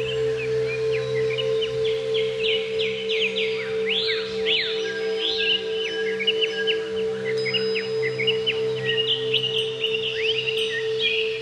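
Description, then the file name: Greater green leafbird song: busy, irregular sequence of short sharp chirps and slurred whistles, steady in loudness, over a low continuous hum. "cucak ijo"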